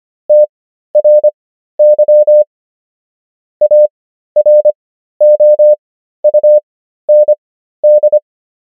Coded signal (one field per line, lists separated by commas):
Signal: Morse code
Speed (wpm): 25 wpm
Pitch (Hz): 600 Hz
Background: none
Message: TRY AROUND